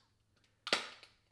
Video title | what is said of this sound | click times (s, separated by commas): 2017 - 2022 Ford Raptor Key Fob Battery Replacement - How To Replace Change F150 Remote Batteries | then it'll snap on. | 0.7 s